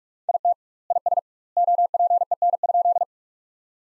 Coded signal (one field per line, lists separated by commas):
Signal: Morse code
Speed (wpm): 46 wpm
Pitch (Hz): 700 Hz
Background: none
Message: IT IS OPEN?